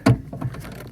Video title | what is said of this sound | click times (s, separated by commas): Brake bulb replacement | there you hear the little click and it just comes out | 0.1 s